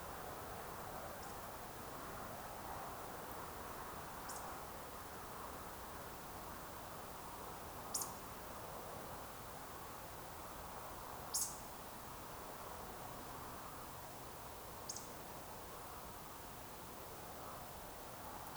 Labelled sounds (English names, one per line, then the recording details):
Eurasian Woodcock
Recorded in Baden-Württemberg, Germany, on 27 June 2020 at 20:23 UTC
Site 43791, 788 m above sea level